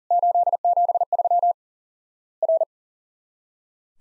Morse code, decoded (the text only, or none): 873 R